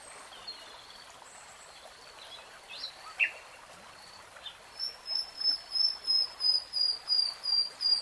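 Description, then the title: Nightingale: songbird phrase of evenly repeated high, slurred whistles, about three per second, after a quiet stretch with faint calls. Three-hour real-time recording of a nightingale singing. "[Tiếng chim hót] 3 Hours REALTIME Nightingale Singing"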